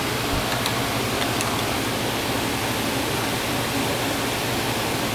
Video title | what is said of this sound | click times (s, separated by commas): Stevens 240 410/410 Mild Restoration | and it needs to snap into place. | 0.7 s